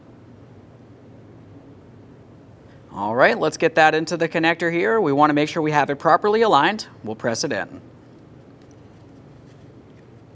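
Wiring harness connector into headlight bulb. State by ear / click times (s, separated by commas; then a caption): not seated / none. On a 2013-2020 Ford Fusion, a wiring harness connector is lined up with the headlight bulb socket, ready to be pressed in. Someone talks from about 3.0 to 7.8 seconds over a quiet background, followed by two faint, brief sounds near 8.6 and 8.7 seconds. The clip ends before the connector goes home, so nothing has seated or clicked yet.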